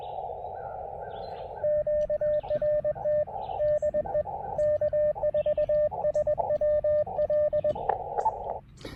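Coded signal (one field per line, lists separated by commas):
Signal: Morse code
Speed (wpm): 20 wpm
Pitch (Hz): 590 Hz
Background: radio noise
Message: QRT DE K4SWL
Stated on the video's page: QRP CW park activation (POTA) on 20 meters with a field radio during a road trip stop.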